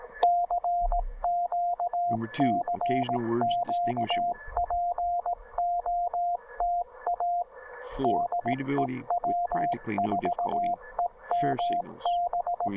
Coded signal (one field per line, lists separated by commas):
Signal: Morse code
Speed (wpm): 18 wpm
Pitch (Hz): 700 Hz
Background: speech, radio noise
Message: CQ CQ POTA DE W4EMB